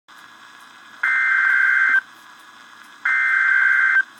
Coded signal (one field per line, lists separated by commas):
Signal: Emergency Alert System (SAME) tones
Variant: header bursts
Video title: REAL EAS 871-Severe thunderstorm watch